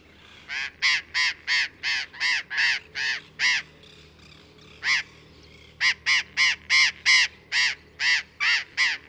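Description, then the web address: Burrowing parrot calling with rasping, strident squawks repeated quickly, broken by a pause of over two seconds with a single squawk in the middle, before another fast run. "parrots cyanoliseus-patagonus"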